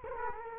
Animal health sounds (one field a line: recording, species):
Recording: mosquito wingbeat signal from an infrared sensor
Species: Culex quinquefasciatus